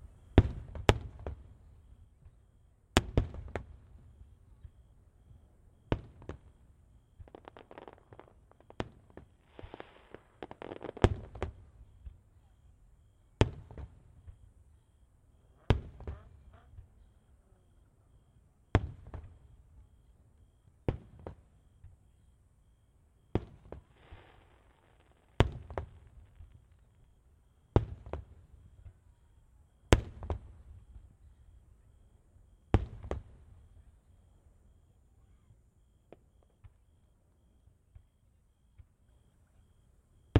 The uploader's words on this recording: Yasugawa Fireworks. Fireworks at Ritto City and Yasu City, Shiga Prefecture, Japan. Recorded with an Autio-Technica BP2045 microphone and Tascam DR-70 recorder (mic gain low, input level knobs about 11:30).